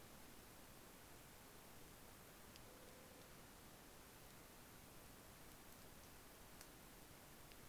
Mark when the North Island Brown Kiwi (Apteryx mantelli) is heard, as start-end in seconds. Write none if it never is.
none